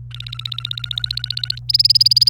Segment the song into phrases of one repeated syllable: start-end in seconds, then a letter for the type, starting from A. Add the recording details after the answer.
0.11-1.58 A, 1.69-2.29 B. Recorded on 28 April 2018 at 10:53. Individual llb3